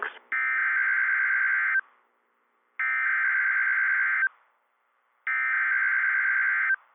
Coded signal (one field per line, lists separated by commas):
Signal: Emergency Alert System (SAME) tones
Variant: header bursts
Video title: REDEFINED MADNESS IV - EAS Alerts from 4/27/26 (EAS #766 - #785)